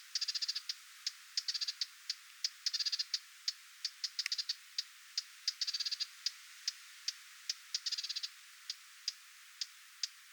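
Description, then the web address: Lesser whitethroat giving sharp, dry tek notes, single clicks interspersed with quick rattling bursts throughout. Parent bird giving attention calls near its fledglings, 20 July 2026. "paivat 20 7 2026 hernekerttulintuemon huomioaantelya lentopoikastensa lahella"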